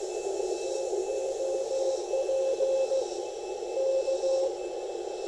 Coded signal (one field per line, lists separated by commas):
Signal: Morse code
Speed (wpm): 15 wpm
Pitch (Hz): 530 Hz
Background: none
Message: TOP K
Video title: POTA Field Report: Making the most of 28.5' of speaker wire and 5 watts!